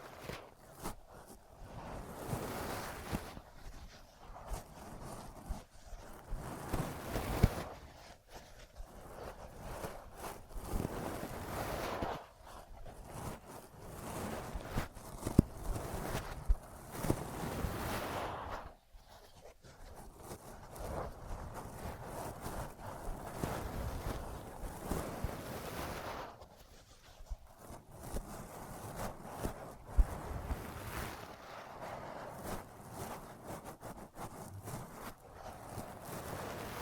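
Ear massage and cleaning sounds: dense, rustling rubbing that swells and fades in waves, with brief quiet dips and occasional sharp taps.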